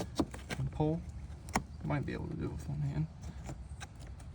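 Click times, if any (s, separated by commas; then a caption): 3.8 s. A plastic cable retaining clip on an engine bay mount of a 2016 BMW X1 is pushed down and pulled free by hand during an AFE Power intake and Dinan intake resonator delete install. Someone talks over low background hum, and a sharp snap at 3.8 s marks the clip popping open and releasing.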